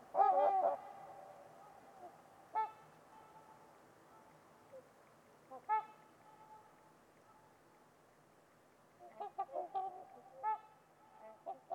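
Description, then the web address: Trumpeter swans trumpeting, loud honking bursts at the start, scattered single horn-like notes through the middle, and a cluster of overlapping calls near the end. Winters Lake, a deep valley in winter, on a winter's eve. "Trumpeter Swans on a Winter's Eve. Winters Lake with Swan. Wind Is the Original Radio"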